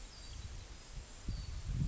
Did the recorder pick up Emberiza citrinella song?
no